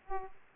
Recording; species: mosquito wingbeat signal from an infrared sensor; Aedes aegypti